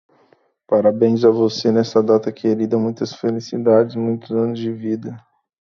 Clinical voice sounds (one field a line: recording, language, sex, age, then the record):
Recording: short text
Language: Brazilian Portuguese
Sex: male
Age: 20 to 29 years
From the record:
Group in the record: control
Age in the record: 26 years